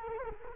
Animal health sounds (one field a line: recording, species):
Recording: mosquito wingbeat signal from an infrared sensor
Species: Culex quinquefasciatus